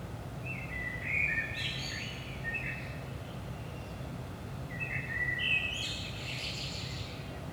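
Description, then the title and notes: Common blackbird song, two warbled phrases a few seconds apart, each with a thin high twitter, over low continuous hum. Recorded at 5 am in the early morning in Saint-Gilles, Belgium, with DPA 4060 microphones in AB position into a Zoom F3. "Saint-Gilles, Belgique - 5am Blackbird. Blackbird in the morning. Merle au petit matin"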